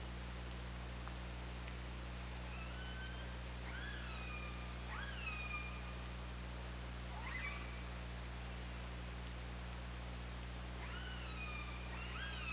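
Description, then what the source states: Orca calls repeated every few seconds, each a sharp upward sweep dropping into a level tone with stacked harmonics, over steady background hiss and low hum. Recorded on an OrcaLab hydrophone, 24 August 2017, 22:54.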